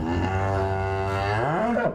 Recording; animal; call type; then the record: contact call of a hoofed animal; cattle; low-frequency (closed-mouth) or high-frequency (open-mouth) call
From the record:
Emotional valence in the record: negative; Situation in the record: full separation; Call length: 1.94 s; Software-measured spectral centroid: 1320 Hz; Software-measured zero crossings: 1250 a second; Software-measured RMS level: -24 dBFS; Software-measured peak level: -12 dBFS